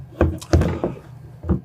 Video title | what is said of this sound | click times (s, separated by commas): Cojali Jaltest Truck Kit Unboxing | Click the door to shut it. | 0.2 s, 0.5 s